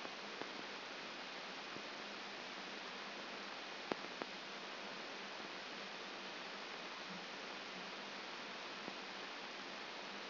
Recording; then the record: brain microelectrode recording played as sound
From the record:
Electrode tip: outside the subthalamic nucleus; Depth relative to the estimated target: -2.5 mm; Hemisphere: left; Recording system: AlphaMap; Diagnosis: Parkinson's disease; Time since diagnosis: 14 years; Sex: female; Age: 58 years